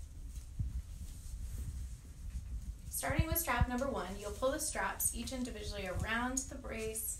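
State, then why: Not seated. Strap number one of a Corflex Stride OA knee brace is pulled around the brace while its plastic clip is handled toward its receiver, with faint rustling at first and then someone talking from about 3 seconds. The clip ends before the part goes home, so nothing has clicked or seated yet.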